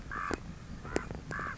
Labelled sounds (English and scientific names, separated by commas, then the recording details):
Common Raven (Corvus corax)
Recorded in Sonoma County, California